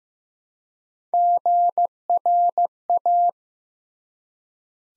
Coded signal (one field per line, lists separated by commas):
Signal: Morse code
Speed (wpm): 15 wpm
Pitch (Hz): 700 Hz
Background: none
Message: GRA